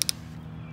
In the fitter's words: hear that click push it down and release it